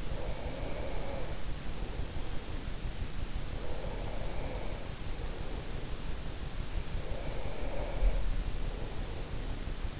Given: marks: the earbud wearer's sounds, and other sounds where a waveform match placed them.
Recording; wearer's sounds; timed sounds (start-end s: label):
sounds in sleep by an in-ear microphone; breath
0.00-2.74 s: breath
3.42-5.98 s: breath
6.75-9.98 s: breath